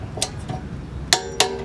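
A click-type torque wrench tightens the lower rear brake caliper bolt on a 2010-14 Toyota Prius to 25 ft-lbs. Faint ticks come at about 0.2 and 0.5 s, then two sharp, bright metallic clicks at 1.1 and 1.4 s. This confirms the wrench has clicked off at its setting.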